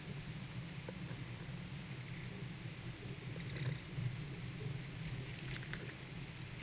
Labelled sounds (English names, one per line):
none